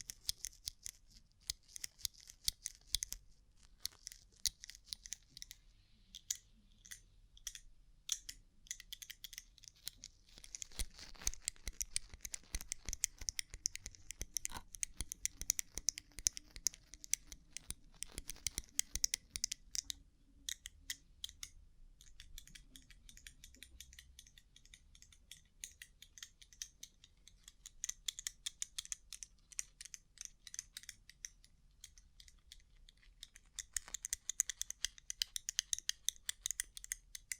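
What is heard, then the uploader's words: Rhinestone-covered tapping runs as dense, rapid, bright clicks, with brief pauses and busier bursts near the end. ASMR Rhinestone Covered Tapping 3Dio (No Talking).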